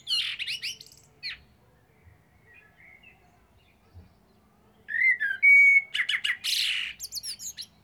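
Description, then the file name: Common blackbird giving high squeaky twitters, a quiet stretch with faint soft notes, then a pure steady whistle and scratchy high chattering. "Turdus merula"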